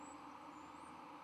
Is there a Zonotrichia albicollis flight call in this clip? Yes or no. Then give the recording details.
no. No flight call is heard. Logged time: 11:29 on 5 November 2014